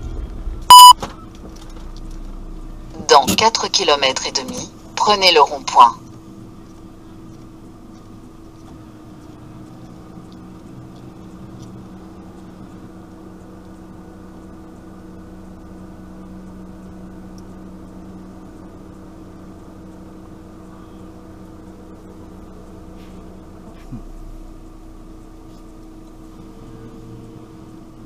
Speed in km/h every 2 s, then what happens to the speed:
0, 0, 0, 0, 0, 0, 0, 0, 0, 0, 0, 0, 0, 0.
0-28 standing.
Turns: none.